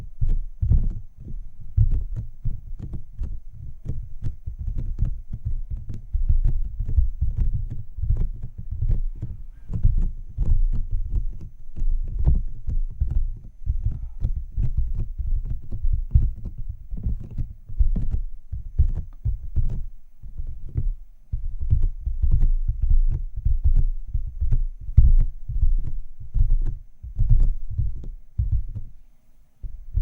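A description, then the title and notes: Face touching and tapping makes a steady run of soft, low, thudding taps, fairly dense and irregular, with brief quieter gaps throughout. Touching & Tapping Your Face (No Talking) Camera Tapping, Scratching, etc.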